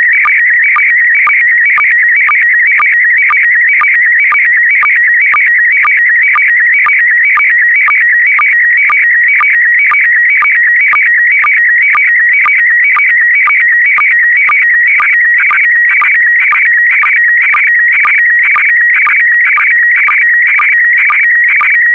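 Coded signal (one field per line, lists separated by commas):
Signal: SSTV (slow-scan television)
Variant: PD120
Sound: warbling, chirping tone with a steady rhythmic tick about twice a second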